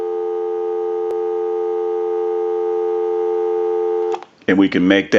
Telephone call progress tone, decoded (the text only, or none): dial tone